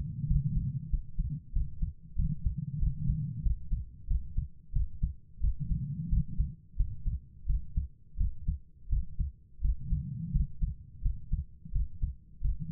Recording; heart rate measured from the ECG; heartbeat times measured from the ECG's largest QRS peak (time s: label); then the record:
heart sounds by stethoscope; 89 bpm
0.26 s: heartbeat
0.89 s: heartbeat
1.52 s: heartbeat
2.15 s: heartbeat
2.78 s: heartbeat
3.41 s: heartbeat
4.06 s: heartbeat
4.71 s: heartbeat
5.39 s: heartbeat
6.08 s: heartbeat
6.75 s: heartbeat
7.45 s: heartbeat
8.16 s: heartbeat
8.88 s: heartbeat
9.60 s: heartbeat
10.31 s: heartbeat
11.01 s: heartbeat
11.71 s: heartbeat
12.40 s: heartbeat
From the record:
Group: healthy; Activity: rest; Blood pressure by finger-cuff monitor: 119/68 mmHg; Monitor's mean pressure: 84 mmHg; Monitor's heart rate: 88 bpm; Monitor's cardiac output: 7.5 L/min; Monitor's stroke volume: 83 mL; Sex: female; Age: 32 years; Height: 172 cm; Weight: 71.7 kg